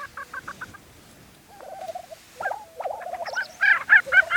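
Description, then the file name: Lesser prairie chicken giving a few quick clucks, then drawn-out bubbling notes that build into louder, sharper cackles in the final seconds. Recorded on 20 April 2013. "2013-04-20 Lesser Prairie Chicken"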